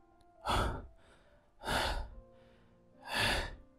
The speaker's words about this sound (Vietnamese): Ông Phúc nghe rõ hơi thở của Khánh, biết Khánh đang phải chịu đựng sự tra tấn